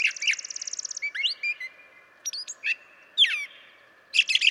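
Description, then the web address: Brown Thrasher opening with a fast buzzy trill, then varied sliding whistles and chips in short bursts, ending with a harsh dense phrase. "birdsongforthecurious Brown Thrasher"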